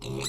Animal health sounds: pig call; weaner (32 to 43 days)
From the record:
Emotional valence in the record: negative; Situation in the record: novel object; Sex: female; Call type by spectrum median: low-frequency call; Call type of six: mixed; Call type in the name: high-frequency modulated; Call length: 0.29 s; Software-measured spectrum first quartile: 284 Hz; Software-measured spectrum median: 1834 Hz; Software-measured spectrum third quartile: 5435 Hz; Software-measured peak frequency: 132 Hz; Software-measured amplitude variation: 93 dB a second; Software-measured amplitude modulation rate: 29.5 a second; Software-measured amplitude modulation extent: 3.1 dB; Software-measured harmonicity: 1.5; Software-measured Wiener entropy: -3.25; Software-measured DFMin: 766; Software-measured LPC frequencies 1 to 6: 376, 1134, 2623, 4000, 4711, 5938 Hz

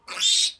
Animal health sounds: pig call; piglet (1 to 25 days)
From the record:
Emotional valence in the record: negative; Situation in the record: restrain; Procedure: back test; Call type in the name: high-frequency call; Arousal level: maximum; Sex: male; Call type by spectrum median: high-frequency call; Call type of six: high-frequency stable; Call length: 0.59 s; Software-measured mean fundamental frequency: 193 Hz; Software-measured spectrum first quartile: 3628 Hz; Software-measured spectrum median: 4553 Hz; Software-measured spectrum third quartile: 6786 Hz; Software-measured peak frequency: 3594 Hz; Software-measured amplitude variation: 186 dB a second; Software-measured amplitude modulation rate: 16.0 a second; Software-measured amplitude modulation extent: 11.6 dB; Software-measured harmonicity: 3.6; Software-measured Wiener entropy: -2.45

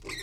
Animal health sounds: pig call; weaner (32 to 43 days)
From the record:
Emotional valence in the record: negative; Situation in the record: short isolation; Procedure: open field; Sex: female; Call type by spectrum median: high-frequency call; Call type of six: high-frequency stable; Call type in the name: high-frequency stable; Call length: 0.22 s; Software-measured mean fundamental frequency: 366 Hz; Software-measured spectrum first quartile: 1194 Hz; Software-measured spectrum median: 2373 Hz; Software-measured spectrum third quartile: 4726 Hz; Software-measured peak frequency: 2071 Hz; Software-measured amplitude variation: 138 dB a second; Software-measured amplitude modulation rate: 13.5 a second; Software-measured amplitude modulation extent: 10.2 dB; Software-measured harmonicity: 5.2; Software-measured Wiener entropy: -2.57

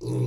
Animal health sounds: pig call; weaner (32 to 43 days)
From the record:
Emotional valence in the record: negative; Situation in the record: short isolation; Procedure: open field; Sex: female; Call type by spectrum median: low-frequency call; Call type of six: low-frequency stable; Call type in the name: low-frequency stable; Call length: 0.27 s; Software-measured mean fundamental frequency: 61 Hz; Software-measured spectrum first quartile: 125 Hz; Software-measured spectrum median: 210 Hz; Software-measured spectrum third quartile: 442 Hz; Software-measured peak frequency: 402 Hz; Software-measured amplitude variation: 66 dB a second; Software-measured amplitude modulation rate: 20.2 a second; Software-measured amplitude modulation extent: 3.3 dB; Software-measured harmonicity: 3.6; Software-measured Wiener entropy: -0.60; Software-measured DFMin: 716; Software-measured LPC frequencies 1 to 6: 315, 2454, 4046, 5843, 6370, 7611 Hz

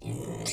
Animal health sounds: pig call; weaner (32 to 43 days)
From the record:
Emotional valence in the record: negative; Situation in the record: novel object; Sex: female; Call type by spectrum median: low-frequency call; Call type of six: high-frequency modulated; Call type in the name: high-frequency modulated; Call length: 0.53 s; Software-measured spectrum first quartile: 240 Hz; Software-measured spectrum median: 1891 Hz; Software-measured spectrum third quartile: 6263 Hz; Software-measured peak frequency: 135 Hz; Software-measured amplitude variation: 145 dB a second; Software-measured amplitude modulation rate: 25.6 a second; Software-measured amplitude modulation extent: 5.6 dB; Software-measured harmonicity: 7.5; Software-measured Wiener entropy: -4.33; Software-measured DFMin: 954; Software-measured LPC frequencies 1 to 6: 2239, 4134, 5031, 6297, 7120, 7751 Hz

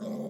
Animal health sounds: pig call; piglet (1 to 25 days)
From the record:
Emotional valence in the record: negative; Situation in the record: short isolation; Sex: male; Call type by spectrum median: low-frequency call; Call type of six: low-frequency modulated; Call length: 0.30 s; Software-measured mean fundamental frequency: 53 Hz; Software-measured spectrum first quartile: 214 Hz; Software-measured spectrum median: 337 Hz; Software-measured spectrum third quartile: 597 Hz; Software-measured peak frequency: 217 Hz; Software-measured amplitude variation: 103 dB a second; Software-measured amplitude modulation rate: 21.8 a second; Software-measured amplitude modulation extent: 4.7 dB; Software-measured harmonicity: 5.3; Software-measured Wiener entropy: -0.35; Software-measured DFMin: 1031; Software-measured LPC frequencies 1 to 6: 467, 2037, 3447, 5033, 6367, 7484 Hz

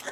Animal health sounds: pig call; piglet (1 to 25 days)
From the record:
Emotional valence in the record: negative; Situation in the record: missed nursing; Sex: male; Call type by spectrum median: low-frequency call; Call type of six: mixed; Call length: 0.12 s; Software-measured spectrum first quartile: 1068 Hz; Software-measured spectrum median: 1887 Hz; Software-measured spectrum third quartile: 5048 Hz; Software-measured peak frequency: 575 Hz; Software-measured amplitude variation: 152 dB a second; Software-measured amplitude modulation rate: 4.1 a second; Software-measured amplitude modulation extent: 37.0 dB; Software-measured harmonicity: -0.6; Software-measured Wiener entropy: -1.57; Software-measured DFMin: 922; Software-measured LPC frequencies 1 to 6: 650, 1793, 3403, 6193, 6901, 7681 Hz

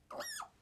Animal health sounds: pig call; piglet (1 to 25 days)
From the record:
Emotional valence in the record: negative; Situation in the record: restrain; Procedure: back test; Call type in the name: high-frequency call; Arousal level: low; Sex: male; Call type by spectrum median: high-frequency call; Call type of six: high-frequency stable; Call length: 0.62 s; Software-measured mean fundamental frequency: 974 Hz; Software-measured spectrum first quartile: 1040 Hz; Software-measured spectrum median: 2856 Hz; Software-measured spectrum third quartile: 6647 Hz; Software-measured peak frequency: 583 Hz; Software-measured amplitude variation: 177 dB a second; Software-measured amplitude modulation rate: 23.2 a second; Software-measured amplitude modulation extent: 7.6 dB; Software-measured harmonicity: 8.7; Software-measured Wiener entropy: -3.07

